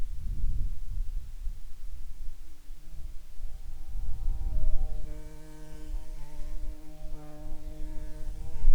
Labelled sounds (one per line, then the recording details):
wind
insects
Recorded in the Arctic National Wildlife Refuge, Alaska, on 10 July 2019 at 17:53
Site 44